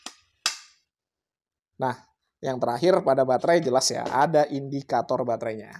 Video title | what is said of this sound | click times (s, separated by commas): penampilan sih keren... performanya❓-- cordless circular saw Ronix 8902K | untuk naik turun mata pisau ini juga modeled UASnya Sudah klik rilis nah | 0.1 s, 0.5 s